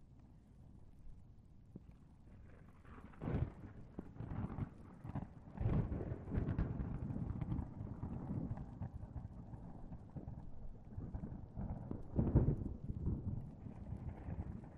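Rain falls in a steady low wash while deep thunder rumbles and grumbles in waves, swelling around four, six and twelve seconds.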